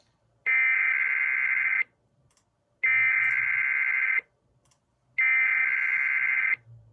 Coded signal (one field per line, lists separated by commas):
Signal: Emergency Alert System (SAME) tones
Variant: header bursts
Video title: (FIRST ER10VP + 12-240 ACTIVATION) EAS 1444-1451: Weekly Tests from 3/24/2021